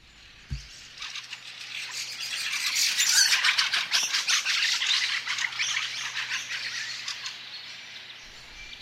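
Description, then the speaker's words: Fieldfare chatter: harsh, grating rattling notes in a dense stream that swells and then fades over several seconds, with a low steady hum. Considered a greedy berry thief with an ugly chattering voice; local nicknames räkätti, räksy, räpättäjä, rölli and rötö. "Sitä pidetään ahneena marjavarkaana ja rumaäänisenä räksyttäjänä."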